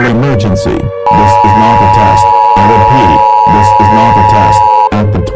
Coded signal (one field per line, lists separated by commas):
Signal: Emergency Alert System (SAME) tones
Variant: 853 and 960 Hz attention tone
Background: speech, music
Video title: EAS Scenario:When Day Breaks Part (1/2)